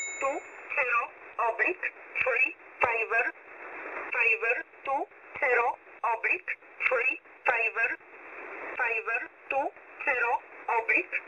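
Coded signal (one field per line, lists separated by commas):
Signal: numbers station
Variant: E11 (Oblique)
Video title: 5409kHz USB Polish Number Station E11 calling 520 (23.06.2024)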